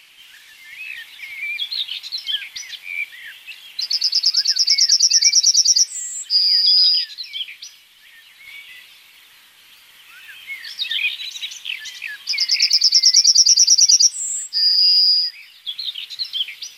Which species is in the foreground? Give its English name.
Yellowhammer